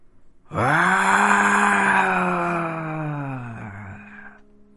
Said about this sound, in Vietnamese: Con thanh long khổng lồ ngẩng đầu lên trời gầm lên một tiếng. Sóng âm thanh khuếch tán gây nên vô số đường gợn sóng trên những quầng sáng ở xung quanh.